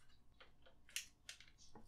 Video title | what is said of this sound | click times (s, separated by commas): How To Install Strimer Plus V2 RGB Cables + L Connect 3 | there it goes it clicked now | 1.0 s